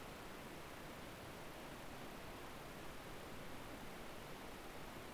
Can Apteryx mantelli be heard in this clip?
no